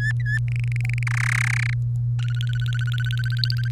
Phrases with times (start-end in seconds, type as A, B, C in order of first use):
0.00-0.38 A, 0.48-1.03 B, 1.07-1.74 C, 2.19-3.68 D